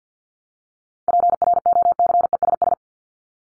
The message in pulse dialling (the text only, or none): none